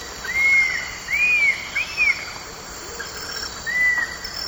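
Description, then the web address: Cinnamon attila singing clear, arched whistled notes in an irregular series, with a constant high-pitched insect drone behind. Eastern lowlands of South America. "Natures Songs S America Eastern Lowlands. Cinnamon Attila"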